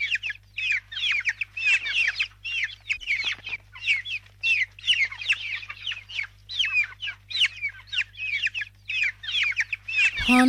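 Chicks peeping: shrill, downslurred cheeps in rapid overlapping bursts, several every second, with a low steady hum beneath and a sharp sound at the end.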